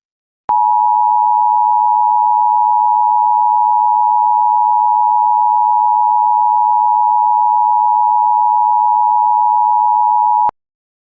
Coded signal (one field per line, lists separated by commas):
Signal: Emergency Alert System (SAME) tones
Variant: 853 and 960 Hz attention tone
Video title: EAS SCENARIO #3 - The Great NYC Tornado Outbreak